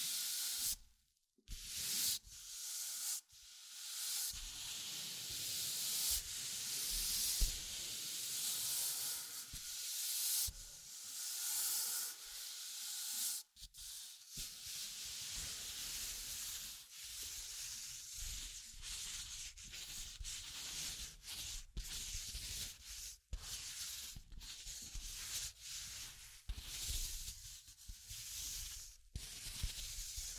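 Tapping, scratching and tracing sounds form a dense, bright rubbing hiss, broken by frequent short gaps and sharp taps throughout.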